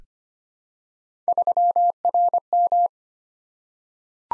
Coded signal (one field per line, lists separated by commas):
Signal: Morse code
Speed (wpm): 25 wpm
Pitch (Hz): 700 Hz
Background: none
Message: 3RM